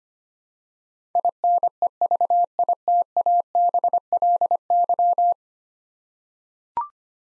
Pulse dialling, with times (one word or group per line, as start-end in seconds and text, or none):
none